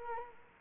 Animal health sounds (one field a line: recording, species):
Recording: mosquito wingbeat signal from an infrared sensor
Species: Culex quinquefasciatus